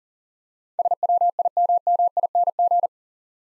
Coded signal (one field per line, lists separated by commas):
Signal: Morse code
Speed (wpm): 40 wpm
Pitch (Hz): 700 Hz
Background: none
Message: SWIMMING